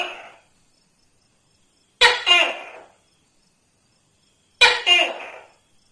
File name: tieng tac ke keu